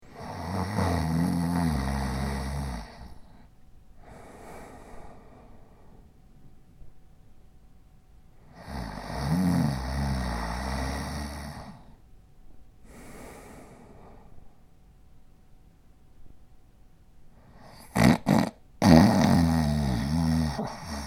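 Six loud, low, rattling snores from a man, each a long drawn-out breath of two to three seconds, with softer breathy exhalations between them. The rhythm is slow and uneven, with quiet gaps. A snoring sound effect.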